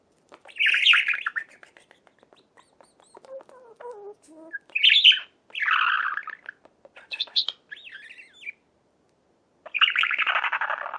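Budgerigar chattering with scratchy chirps, squeaky whistled notes and a long harsh buzzy note near the end, delivered in uneven bursts separated by short gaps.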